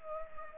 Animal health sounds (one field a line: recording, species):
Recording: mosquito wingbeat signal from an infrared sensor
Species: Culex pipiens